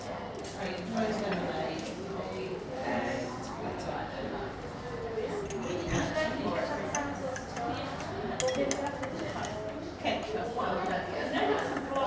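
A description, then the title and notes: Lunchtime in an English tea room: many voices talk over one another in a steady, dense murmur. Occasional sharp clinks of crockery and cutlery cut through, with a few louder knocks around the middle and toward the end. A small English Tea room at lunchtime. Autumnal sunshine is beaming through the windows, with some dark clouds in the distance as a warning of the impending rain. Lunchtime in an English Tea Room.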